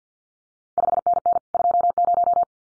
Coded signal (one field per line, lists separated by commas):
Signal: Morse code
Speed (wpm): 50 wpm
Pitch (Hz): 700 Hz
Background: none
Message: 5NN 20